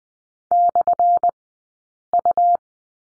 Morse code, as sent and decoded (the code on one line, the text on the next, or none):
-..-. ..-
/U